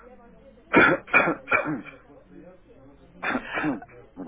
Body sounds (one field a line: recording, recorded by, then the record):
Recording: voluntary cough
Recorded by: telephone call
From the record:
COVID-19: negative